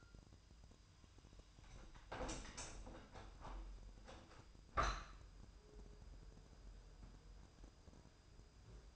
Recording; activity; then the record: daily activity, microphone in the room; open window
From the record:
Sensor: 2